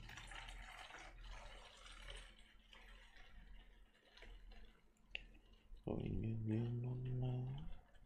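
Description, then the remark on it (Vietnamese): Water pours steadily into a glass with a soft, hissing splash, then a clear ringing tone rises in pitch over the last couple of seconds as the glass fills up. “Đợi mình chút, mình rót chút nước nữa.”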